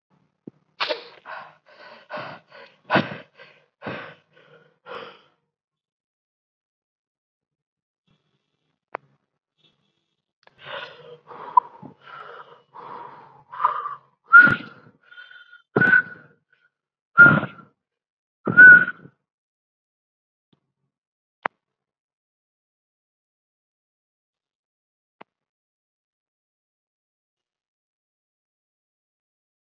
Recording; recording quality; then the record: shallow breathing; moderate, slight background noise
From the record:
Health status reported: COVID-19 positive, moderate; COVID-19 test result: positive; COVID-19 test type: RT-PCR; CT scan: not taken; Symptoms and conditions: cough, sore throat, fatigue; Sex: male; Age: 31 years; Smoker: no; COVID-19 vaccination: both doses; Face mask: not worn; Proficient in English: yes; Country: India